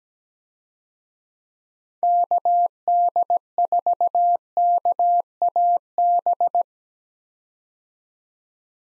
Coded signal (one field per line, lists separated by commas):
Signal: Morse code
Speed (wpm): 17 wpm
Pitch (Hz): 700 Hz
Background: none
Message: KD4KAB